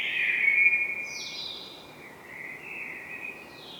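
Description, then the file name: Common blackbird fluty warbling, a loud opening note followed by a brief high squeaky note, then softer, lilting notes that rise and fall. "Turdus merula"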